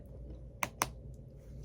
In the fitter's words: snap. That's when I know I got the right one.